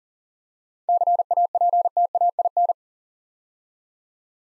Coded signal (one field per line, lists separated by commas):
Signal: Morse code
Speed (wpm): 39 wpm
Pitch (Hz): 700 Hz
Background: none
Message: CAPTAIN